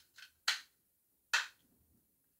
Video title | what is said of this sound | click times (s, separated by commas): Kano Computer Kit unboxing & first look (Raspberry Pi 3 kit for kids) | here we go so the bottom is snapped in place | 0.5 s, 1.3 s